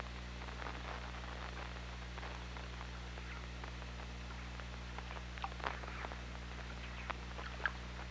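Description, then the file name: Killer whale clicks, an irregular patter of sharp ticks with a few louder ones near the end, over a continuous low hum. OrcaLab hydrophone, 24 August 2017, 21:24:32. "Orca Lab 20170824 212432"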